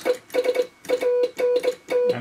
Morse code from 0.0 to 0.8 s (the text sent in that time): ES